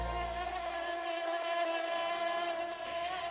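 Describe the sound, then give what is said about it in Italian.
A mosquito's thin, high-pitched whine drones steadily for a few seconds, its buzzing tone holding an even pitch and loudness with no voices over it. “Sì, perché ci sarebbero anche le zanzare.”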